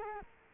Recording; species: mosquito wingbeat signal from an infrared sensor; Culex quinquefasciatus